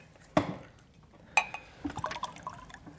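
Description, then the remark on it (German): Two sharp glassy knocks, then a short run of bubbly, gurgling splashes as water is poured into a glass, fairly quiet and with no voices. “Könnten Sie mir wohl ein Glas Wasser geben?”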